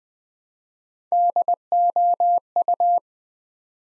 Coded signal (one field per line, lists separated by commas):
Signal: Morse code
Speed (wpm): 20 wpm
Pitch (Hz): 700 Hz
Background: none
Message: DOU